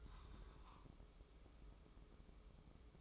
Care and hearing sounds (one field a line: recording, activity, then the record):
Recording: daily activity, microphone in the room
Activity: take from stove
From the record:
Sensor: 1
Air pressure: 995.4 hPa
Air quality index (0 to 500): 29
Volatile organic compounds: 1 ppm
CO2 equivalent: 544 ppm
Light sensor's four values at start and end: 29/102/39/40 and 29/102/39/40